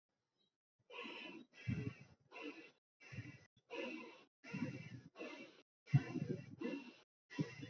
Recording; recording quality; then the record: shallow breathing; excellent, no background noise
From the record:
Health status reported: healthy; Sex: male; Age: 60 years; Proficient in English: yes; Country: India